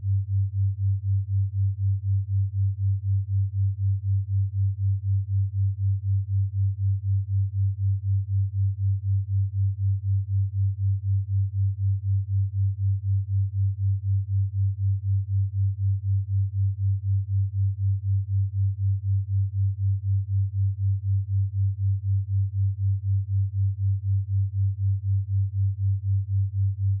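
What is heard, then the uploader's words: A 4Hz theta binaural beat on a 96Hz tone: a deep, steady hum that never changes over the whole stretch. The tone pulses gently about four times a second. Nothing higher or brighter sits above it, and there are no other sounds. 4Hz Theta binaural beat with 96Hz Frequency.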